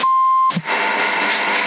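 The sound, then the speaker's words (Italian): A single steady, mid-pitched CB radio beep in Sassari holds for about half a second, then cuts off into a brief click and a continuous band of crackling static hiss. “Ho sentito un bip anch'io.”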